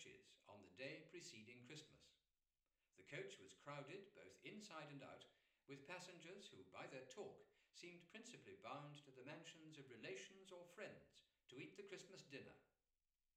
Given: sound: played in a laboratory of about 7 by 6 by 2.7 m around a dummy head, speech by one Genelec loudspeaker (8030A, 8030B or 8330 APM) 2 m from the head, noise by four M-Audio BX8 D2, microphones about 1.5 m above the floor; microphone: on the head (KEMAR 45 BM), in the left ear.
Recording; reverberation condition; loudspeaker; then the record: male speech in English; medium; 60 degrees to the left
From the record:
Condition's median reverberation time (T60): about 510 ms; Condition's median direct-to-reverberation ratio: about -0.5 dB